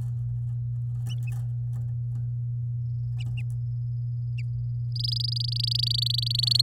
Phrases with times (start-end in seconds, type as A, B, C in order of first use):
4.95-6.61 A